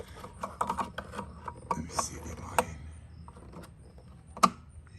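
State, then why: Released. On a 2019–2022 Ryker, the white plastic bulb socket in the headlight housing is turned by hand, with light clicking and rattling handling sounds while someone talks. A sharp snap at 4.4 s marks the twist-lock clicking free, releasing the socket so the bulb can be pulled.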